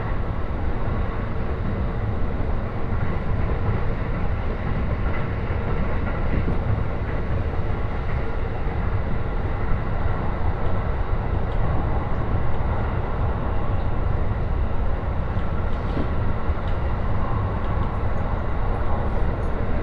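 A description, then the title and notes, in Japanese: A ride on the Joban Line train between Katsuta and Ishioka, with a steady, dense rumble of the moving carriage that stays even throughout. Low droning noise dominates, with a faint constant tone and occasional small clicks and rattles over the continuous roar. 耳で楽しむ鉄道旅 常磐線 勝田→石岡。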